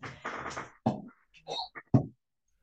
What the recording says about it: I've got a really old dog here. Yeah. And she doesn't breathe well. So that sound, that's her coughing.